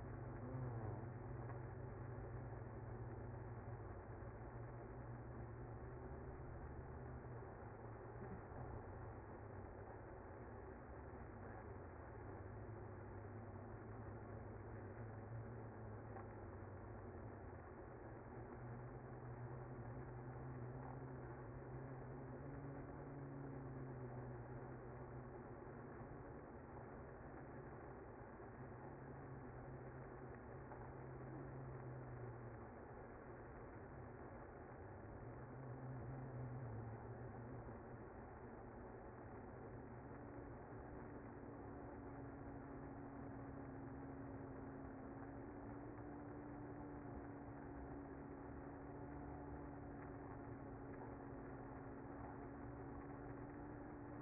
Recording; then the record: honeybee colony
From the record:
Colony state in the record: active